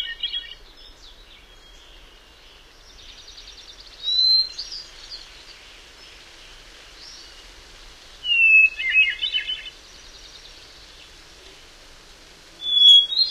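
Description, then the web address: Hermit thrush song: clear flute-like phrases, each opening with a long pure whistled note and breaking into a quick rippling cascade, repeated about every four seconds with quiet pauses between. "Songs of Birds of North America Know Your Bird Sounds Common Western Species. Hermit Thrush"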